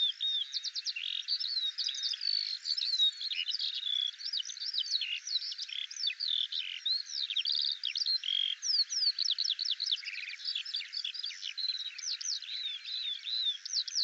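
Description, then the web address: Eurasian skylark pouring out a continuous rush of high, varied twittering notes. "Deverinetal 2025 File cleaned normalized Bird Al Ar"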